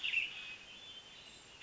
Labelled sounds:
Western Tanager (Piranga ludoviciana)
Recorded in Sonoma County, California

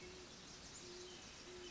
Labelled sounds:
Band-tailed Pigeon (Patagioenas fasciata)
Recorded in Sonoma County, California

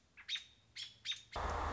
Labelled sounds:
American Robin (Turdus migratorius)
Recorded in Sonoma County, California

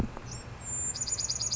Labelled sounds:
Chestnut-backed Chickadee (Poecile rufescens)
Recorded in Sonoma County, California

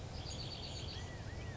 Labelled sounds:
California Quail (Callipepla californica)
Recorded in Sonoma County, California

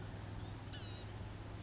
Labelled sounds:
Blue-gray Gnatcatcher (Polioptila caerulea)
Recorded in Sonoma County, California

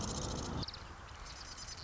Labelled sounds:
Marsh Wren (Cistothorus palustris)
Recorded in Sonoma County, California

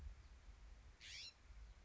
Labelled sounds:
California Scrub-Jay (Aphelocoma californica)
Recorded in Sonoma County, California

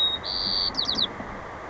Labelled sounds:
White-crowned Sparrow (Zonotrichia leucophrys)
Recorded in Sonoma County, California

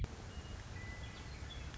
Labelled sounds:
Western Meadowlark (Sturnella neglecta)
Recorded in Sonoma County, California

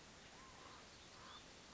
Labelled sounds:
Common Raven (Corvus corax)
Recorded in Sonoma County, California

